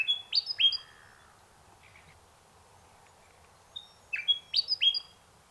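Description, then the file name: Bird calls: bright high chirps with falling slurs, one cluster at the start, then a pause and a faster burst of several notes near the end. Unidentified bird recorded in mangroves. "bird unknown magroves"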